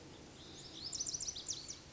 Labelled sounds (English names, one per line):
Lazuli Bunting